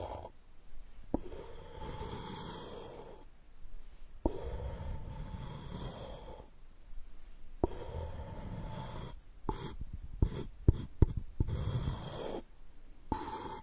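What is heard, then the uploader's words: Muffled, rumbling air rushes through a straw in long stretches, broken by short silent gaps around two, four, eight and twelve seconds. Near eleven seconds a quick cluster of sharp clicks and pops stands out, with a faint high whine running underneath throughout. Unique straw therapy ear digging experience.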